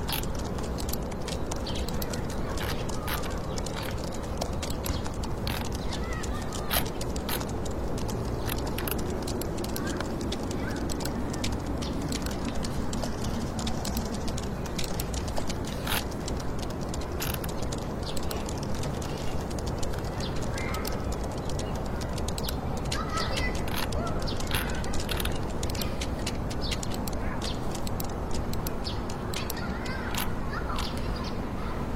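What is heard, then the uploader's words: Fingertips type steadily in a computer room, producing quick, irregular clicks and taps that run through the whole stretch, sometimes in brief bursts. Beneath them sits a constant, dense low hum of city noise that never changes in level. Atmospheric scene of staying up late working and studying in computer room, fingertip typing and urban white noise.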